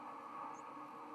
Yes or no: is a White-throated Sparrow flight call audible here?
no